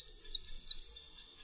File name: SOSNÓWKA